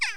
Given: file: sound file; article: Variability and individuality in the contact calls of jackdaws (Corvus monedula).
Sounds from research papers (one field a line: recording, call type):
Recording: jackdaw call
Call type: harmonic